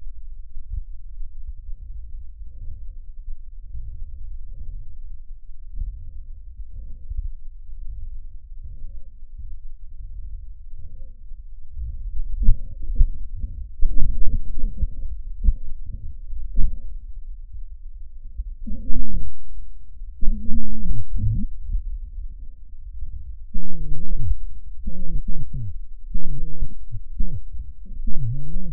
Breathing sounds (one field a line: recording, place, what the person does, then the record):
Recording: lung sounds by stethoscope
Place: trachea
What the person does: quiet breathing, then cough and speech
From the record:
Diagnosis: COPD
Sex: male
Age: 75 years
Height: 182 cm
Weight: 98 kg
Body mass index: 29.6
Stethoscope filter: bell mode